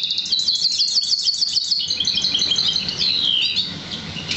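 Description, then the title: Oriental magpie-robin song, a quick high rolling trill slurring downward, then a few scattered notes. "Kicau Kacer"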